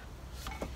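A steel Centinel clutch-pedal security claw on the pedals of a Bailey Advance motorhome is locked by pushing its top plate down over the bottom plate until the locking mechanism drops into the nearest hole. One short metallic click is heard at 0.5 s. The claw is seated and locked in place, so the clutch pedal cannot be pushed down.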